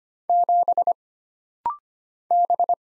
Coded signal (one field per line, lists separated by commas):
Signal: Morse code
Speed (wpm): 25 wpm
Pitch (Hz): 700 Hz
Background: none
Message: 7 B